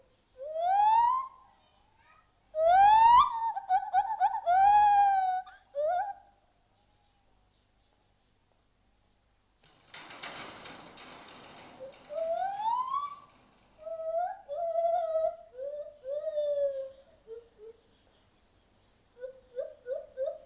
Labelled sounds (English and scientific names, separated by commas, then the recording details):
Lar Gibbon (Hylobates lar) call
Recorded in captivity
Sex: female
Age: adult
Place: Zoo Berlin, Berlin, DE
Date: 1997-11-22 10:37
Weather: bedeckt, ca.1°C
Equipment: Nagra SN, Kopie Uher 4000 Report Monitor
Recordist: Tembrock, Günter
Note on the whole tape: Weibchen: Ruffolgen, Entfernung 5 - 8 m